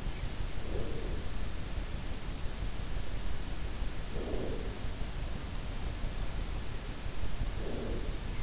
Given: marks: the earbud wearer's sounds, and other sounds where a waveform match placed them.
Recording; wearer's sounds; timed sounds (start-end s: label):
sounds in sleep by an in-ear microphone; breath
0.32-1.48 s: breath
3.82-5.30 s: breath
7.33-8.43 s: breath